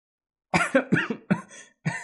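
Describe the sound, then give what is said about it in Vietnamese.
A teenage boy, laughing loudly and coughing up blood, gives a string of five harsh, raspy coughs in quick, uneven succession, each burst sharp at the start and trailing off, with no other sounds around them. “Ở bên ngoài âm phủ, một thiếu niên đang cười to, cũng ho ra máu, nhưng vẫn như cũ sáng lạng như vậy, máu rơi vãi mà phi phàm.”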